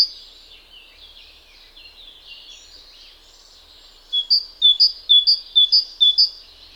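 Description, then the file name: Great tit: soft jumbled twittering at first, then a clear series of several loud, ringing two-note phrases. "Parus major"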